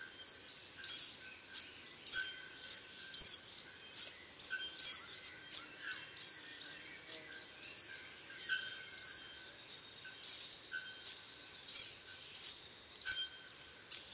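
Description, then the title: Scale-throated hermit calling, a high squeaky note repeated about every two thirds of a second in a steady series, with faint lower chirps behind. Subspecies Phaethornis eurynome eurynome, assumed from location. "LuckyPassaro Completos2Sama. Scale-throated Hermit (Phaethornis eurynome eurynome (ssp asumed from location))"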